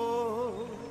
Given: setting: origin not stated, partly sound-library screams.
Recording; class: one-second piece from a danger detection set; normal situation